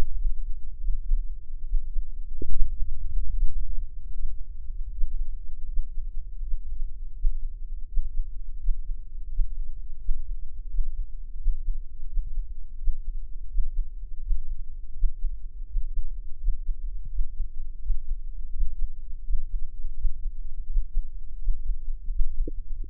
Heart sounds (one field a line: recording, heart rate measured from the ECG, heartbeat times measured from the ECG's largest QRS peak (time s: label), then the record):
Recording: heart sounds by microphone in the left ear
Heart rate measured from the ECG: 82 bpm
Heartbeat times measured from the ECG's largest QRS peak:
0.78 s: heartbeat
1.64 s: heartbeat
2.49 s: heartbeat
3.31 s: heartbeat
4.11 s: heartbeat
4.89 s: heartbeat
5.65 s: heartbeat
6.40 s: heartbeat
7.13 s: heartbeat
7.85 s: heartbeat
8.57 s: heartbeat
9.27 s: heartbeat
9.97 s: heartbeat
10.67 s: heartbeat
11.36 s: heartbeat
12.06 s: heartbeat
12.76 s: heartbeat
13.47 s: heartbeat
14.19 s: heartbeat
14.93 s: heartbeat
15.65 s: heartbeat
16.37 s: heartbeat
17.08 s: heartbeat
17.79 s: heartbeat
18.50 s: heartbeat
19.22 s: heartbeat
19.94 s: heartbeat
20.66 s: heartbeat
21.38 s: heartbeat
22.09 s: heartbeat
22.81 s: heartbeat
From the record:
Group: healthy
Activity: Valsalva maneuver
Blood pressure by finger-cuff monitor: 101/78 mmHg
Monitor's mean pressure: 84 mmHg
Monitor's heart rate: 83 bpm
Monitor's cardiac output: 6.5 L/min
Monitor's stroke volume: 79 mL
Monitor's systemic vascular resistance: 930 dyn s/cm5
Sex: male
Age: 57 years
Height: 188 cm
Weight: 106 kg